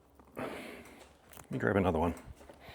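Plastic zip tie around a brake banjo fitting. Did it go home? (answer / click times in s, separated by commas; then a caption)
no / none. A plastic zip tie is handled as a replacement for a brake banjo fitting, while someone talks through most of the clip. Only a few faint, brief ticks come through, near 0.2, 0.3 and 1.4 s. Nothing has seated or clicked yet.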